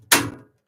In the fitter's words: give it a push you'll feel it click in place